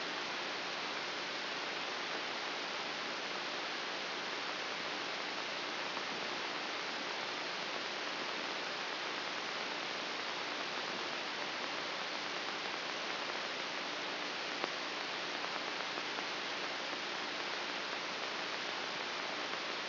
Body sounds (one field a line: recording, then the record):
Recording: brain microelectrode recording played as sound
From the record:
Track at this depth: inside the subthalamic nucleus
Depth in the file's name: 0.456 mm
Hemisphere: left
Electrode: 2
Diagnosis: Parkinson's disease